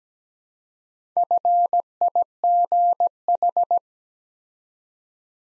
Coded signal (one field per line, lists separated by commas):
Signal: Morse code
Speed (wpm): 17 wpm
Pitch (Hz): 700 Hz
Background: none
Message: FIGH